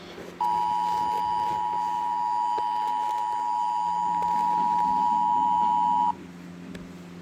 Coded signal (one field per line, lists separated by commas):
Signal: Emergency Alert System (SAME) tones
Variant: 853 and 960 Hz attention tone